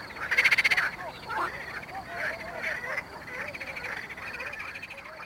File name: Pelophylax ridibundus at Mali lag, Botevgrad, Bulgaria